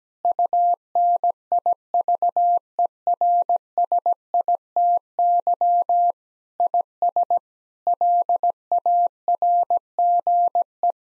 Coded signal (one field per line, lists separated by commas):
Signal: Morse code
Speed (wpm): 17 wpm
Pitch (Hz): 700 Hz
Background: none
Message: UNIVERSITY IS LARGE